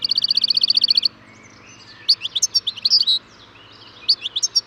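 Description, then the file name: European goldfinch song, opening with a fast trill of repeated notes, then scattered liquid twittering phrases. "Carduelis carduelis"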